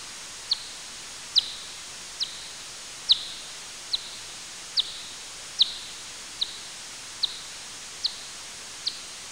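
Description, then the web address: Bat calls: brief snapping pulses, about eleven in nine seconds, over a constant background hiss. "Fledermaus"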